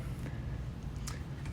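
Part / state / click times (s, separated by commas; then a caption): cabinet drawer into its magnetic latch in an RV / seated / 1.1 s. A kitchen drawer in a 2022 Keystone Montana 3121RL fifth-wheel RV is pushed shut and its magnetic latch snaps closed. A short, sharp snap comes at 1.1 s over a steady low rumble. The drawer seats firmly in its magnetic latch.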